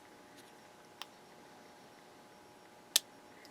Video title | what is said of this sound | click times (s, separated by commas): Luxman PD277 Turntable (Ep. 261) | Should just snap into place. | 3.0 s